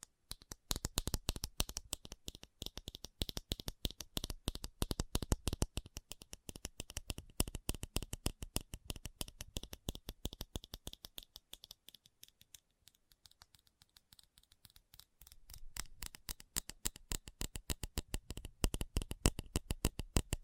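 Fast tapping runs throughout, a dense, rapid stream of crisp clicks with a bright, papery edge, a bit like shuffling cards. Around twelve to fifteen seconds the taps thin and soften, losing their lower body, before the full rapid tapping returns.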